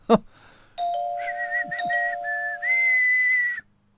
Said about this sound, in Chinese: …吹着口哨按了门铃